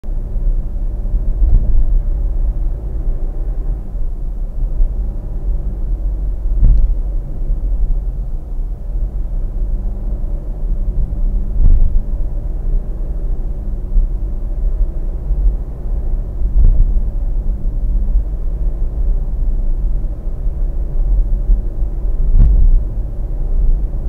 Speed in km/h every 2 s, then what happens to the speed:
67, 67, 67, 68, 67, 66, 65, 65, 65, 65, 65, 66.
0-24 steady at about 66.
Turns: none.